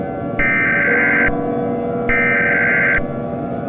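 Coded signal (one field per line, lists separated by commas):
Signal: Emergency Alert System (SAME) tones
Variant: header bursts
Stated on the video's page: Fictional EAS scenario based on a horror game, simulated alert with jumpscares.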